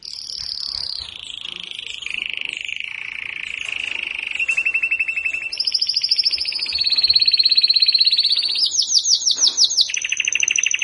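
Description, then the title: Belgian canary singing a varied song of rolling trills and long steady whistled tones that jump between pitches, each phrase switching to a new rhythm and speed. Belgian canary breeding male; the song is said to stimulate and warm up any female. "Canario Belga. Canario Galador Esquenta Qualquer Femea"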